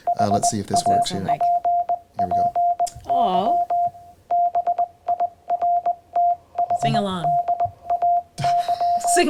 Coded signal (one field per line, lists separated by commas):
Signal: Morse code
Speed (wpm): 20 wpm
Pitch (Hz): 700 Hz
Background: speech, radio noise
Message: HAPPY BIRTHDAY